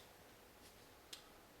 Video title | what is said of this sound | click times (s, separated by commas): Kato Passenger Car Light Install Part 3 | clicks into place | 1.1 s